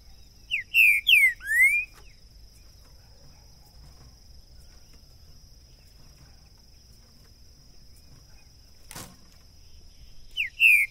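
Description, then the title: Green-winged saltator song: three strong slurred whistles early on, a long quiet gap with a sharp click near nine seconds, then the phrase starting again at the end. Two birds taken into the woods; song used to warm up a saltator and open its song for singing competition, with calling, singing and male-challenge singing; 2022. "Esse É PERFEITO Para ESQUENTAR Seu TRINCA Piando, Cantando E Macheando Na DISPUTA. LEVEI 2 TRINCA FERRO NO MATO!! PERFEITO PARA ABRIR O CANTO DO TRINCA FERRO!! 2022!"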